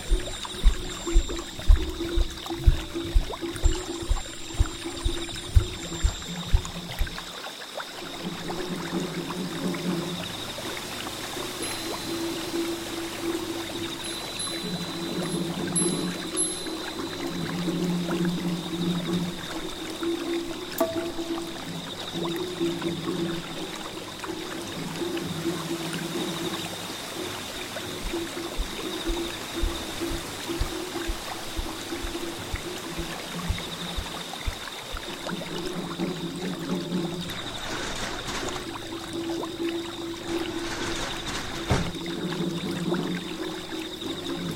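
Drums beat in a quick, regular run for the first seven seconds, then stop; a few scattered softer hits return around the half-minute mark. Flowing water rushes steadily underneath the whole time, with a low sustained hum rising and falling in stretches.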